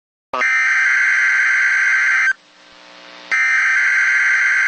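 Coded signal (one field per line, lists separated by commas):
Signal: Emergency Alert System (SAME) tones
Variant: header bursts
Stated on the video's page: Required Weekly Test for Rochester, requested by Terra TV on TWC Rochester.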